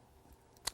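A laptop memory module is pushed into its SO-DIMM socket at a 45 degree angle, giving a faint click at 0.6 s and a sharp, bright click at 0.7 s. The module is fully in the socket at the angle but not yet pressed down, so the side clips have not locked.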